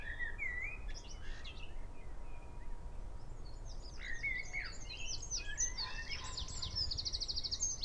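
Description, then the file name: Eurasian wren song: bursts of high, rapid trills and sharp chips, with scattered lower slurred notes over a steady low rumble. "Troglodytes troglodytes"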